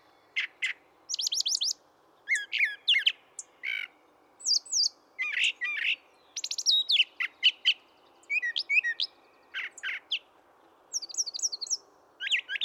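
Brown thrasher delivering a long series of varied phrases: chips, trills, slurred whistles and harsh notes following each other quickly, with faint background hiss.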